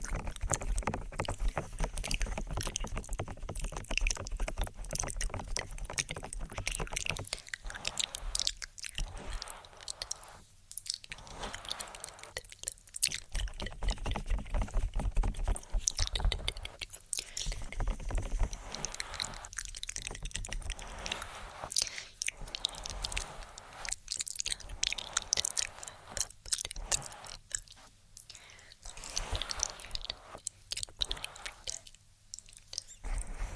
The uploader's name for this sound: Inaudible Whispering & Ear Tapping